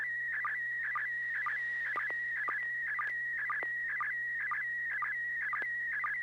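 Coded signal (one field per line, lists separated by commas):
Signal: SSTV (slow-scan television)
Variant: PD120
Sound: steady warbling tone around 2 kHz with rhythmic low chirps twice per second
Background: low hum, radio hiss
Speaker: this should be PD120 N6PGQ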